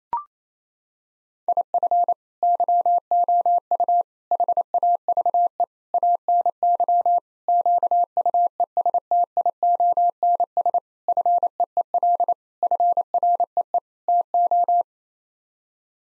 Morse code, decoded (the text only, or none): IF YOU HAVE ANY QUESTIONS FEEL FREE TO